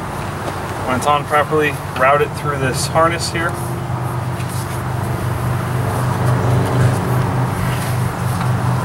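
Someone talks while a spark plug wire is routed through the wiring harness and moved toward the spark plug on a Caravan / Town and Country, over a steady low hum. The wire's boot has not yet been pushed onto the spark plug, so nothing has seated or clicked yet.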